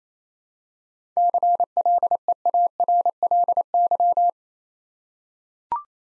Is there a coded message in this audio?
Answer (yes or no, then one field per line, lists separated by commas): yes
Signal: Morse code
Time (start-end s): 1.2-4.3 s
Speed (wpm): 27 wpm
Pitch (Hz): 700 Hz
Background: none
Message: CLEARLY